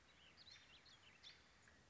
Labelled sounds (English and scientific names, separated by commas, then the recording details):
American Robin (Turdus migratorius)
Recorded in Sonoma County, California